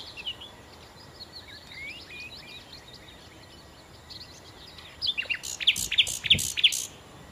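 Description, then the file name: Common nightingale song: soft twittering, then a series of loud, sharp notes in the final seconds. "Nachtigall"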